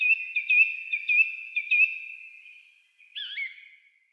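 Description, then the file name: Song thrush singing a short bright note repeated several times, followed by a separate slurred whistled phrase. Recorded on 28 April 2010. "Singdrossel Turdus philomelos 20100428"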